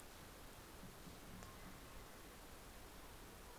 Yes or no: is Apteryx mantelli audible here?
no